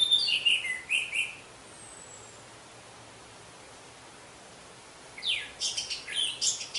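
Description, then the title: Orange-headed thrush song, a quick jumbled warbled phrase at the start, then a pause of several seconds before another busy, high phrase of mixed notes. "Anis Merah"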